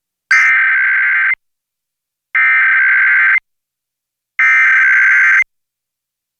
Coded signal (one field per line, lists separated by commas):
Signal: Emergency Alert System (SAME) tones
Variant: header bursts